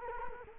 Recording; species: mosquito wingbeat signal from an infrared sensor; Culex quinquefasciatus